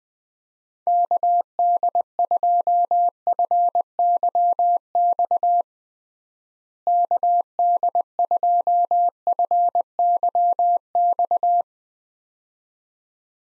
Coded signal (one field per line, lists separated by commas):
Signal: Morse code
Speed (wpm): 20 wpm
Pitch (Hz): 700 Hz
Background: none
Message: KD2FYX KD2FYX